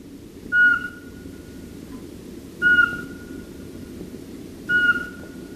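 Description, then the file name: Eurasian Pygmy Owl uttering monotonous piping whistles at an even pace, about two seconds apart, three notes heard above a dull low-frequency noise bed. "VARPUSPOLLO"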